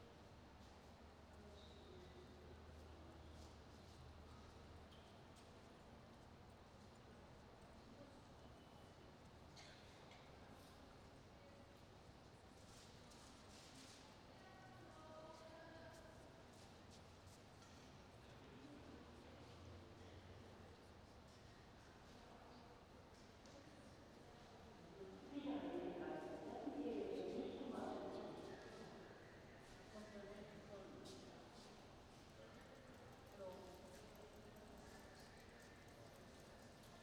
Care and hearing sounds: everyday scene through a hearing-aid microphone; reverberant space; background noise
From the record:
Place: railway station hall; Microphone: in the ear canal, right

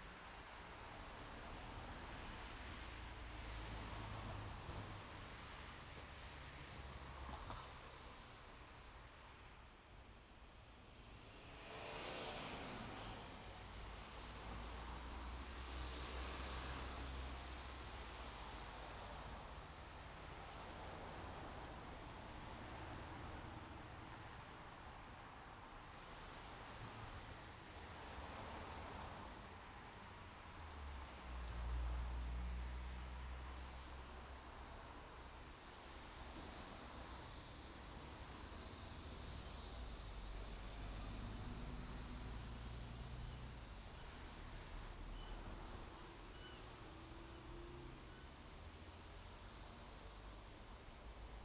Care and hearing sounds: everyday scene through a hearing-aid microphone; in traffic; traffic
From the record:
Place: main road on the outskirts, rush hour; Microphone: in the ear canal, left

